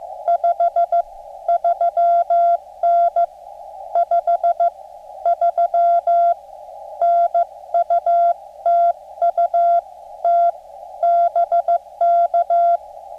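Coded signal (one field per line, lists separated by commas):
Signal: Morse code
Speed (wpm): 15 wpm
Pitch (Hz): 690 Hz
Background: none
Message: 53N 53N UT UT BK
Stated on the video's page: Contacts made with budget QRP radios: QRP Labs QMX, Xiegu G106, zBitx or TruSDX.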